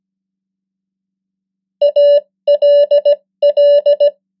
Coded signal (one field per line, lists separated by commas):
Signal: Morse code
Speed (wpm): 17 wpm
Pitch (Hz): 580 Hz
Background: none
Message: ALL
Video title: 100 most common English words in Morse Code @15wpm